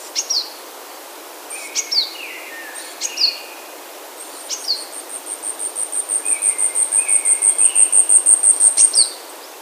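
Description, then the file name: Asian stubtail: several sharp calls from other birds, then the Asian stubtail begins a high, thin pulsed song that crescendos steadily, then stops. "yabu"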